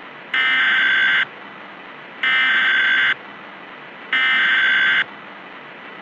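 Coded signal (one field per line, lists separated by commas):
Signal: Emergency Alert System (SAME) tones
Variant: header bursts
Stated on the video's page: Simulated EAS for a mock nuclear attack scenario.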